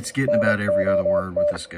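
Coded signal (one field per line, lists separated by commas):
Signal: Morse code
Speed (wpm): 25 wpm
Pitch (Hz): 590 Hz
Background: speech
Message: NOT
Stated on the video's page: Average CW signal on 40 metres at a bad time, with poor conditions.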